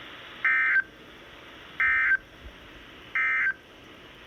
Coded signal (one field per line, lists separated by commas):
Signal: Emergency Alert System (SAME) tones